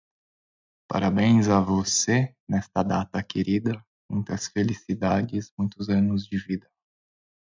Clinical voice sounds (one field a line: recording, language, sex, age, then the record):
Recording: short text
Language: Brazilian Portuguese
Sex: male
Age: 30 to 39 years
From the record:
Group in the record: control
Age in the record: 38 years